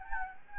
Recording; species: mosquito wingbeat signal from an infrared sensor; Anopheles gambiae